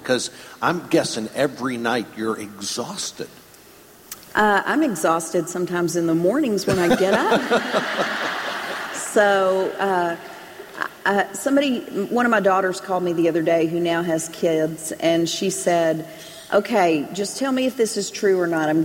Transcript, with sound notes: Because I’m guessing every night you’re exhausted.
I’m exhausted sometimes in the morning when I get up! (Laughter) One of my daughters called me the other day, who now has kids, and she said, “Okay, just tell me if this is true or not: